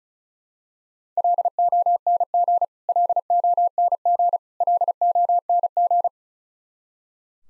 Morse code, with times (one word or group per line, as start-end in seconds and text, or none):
1.2-2.6 LONG
2.9-4.4 LONG
4.6-6.1 LONG